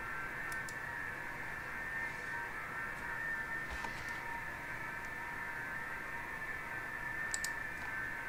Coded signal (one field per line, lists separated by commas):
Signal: FT8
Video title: 40 METER FT-8 ON SUNDAY MORNING